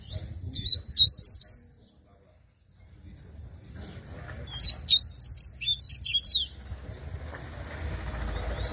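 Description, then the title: Rusty-collared seedeater song: one quick twittering whistled phrase, a pause, then a longer jumbled run of high whistles, with background noise rising afterward. Tui tui style song; female bird. "COLEIRO DE GOLA TUI TUI FIBRA"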